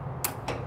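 A second water hose quick-release coupling is pushed onto the front fitting of a Joolca HotTap water heater. It gives a sharp click at 0.3 s (0.25 s), followed by a softer, broader sound at about 0.5 s. The coupling is seated, popping right in.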